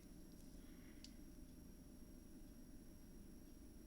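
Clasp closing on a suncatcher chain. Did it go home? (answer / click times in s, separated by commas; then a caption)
yes / 1.0 s. A clasp is closed on a suncatcher chain against a steady low background hum. A brief, sharp, high-pitched click is heard at 1.0 s as the clasp snaps shut and seats.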